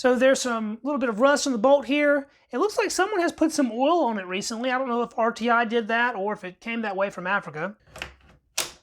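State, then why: Seated. Someone talks for most of the clip while handling the straight-pull bolt of a dirty, lightly rusted, recently oiled Steyr Mannlicher M1895 Austro-Hungarian military rifle from Africa. Soft metallic handling noises come at around 8.0–8.2 s. Then the bolt is pushed forward into the receiver and locks closed with a sharp metallic clack at 8.6 s, seating into place.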